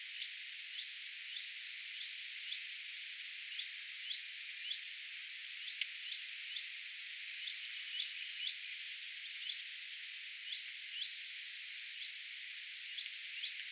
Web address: paivat 1 6 2025 peippo aantelee kuin sarjassa